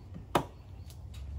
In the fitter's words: slides in here you should hear it click